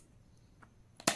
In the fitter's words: until it clicks into place